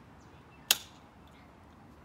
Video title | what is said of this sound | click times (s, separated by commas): Graco Modes Pramette Travel System Review | his outside clicked in as well | 0.7 s